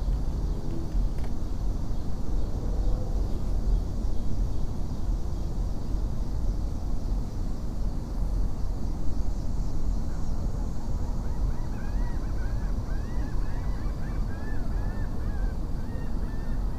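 A steady, dense low rumble fills the recording beside the Anacostia River near Washington, D.C., with little change in level throughout. From about eleven seconds on, faint repeated honking calls, likely geese, rise above the rumble, with a brief tick near the start.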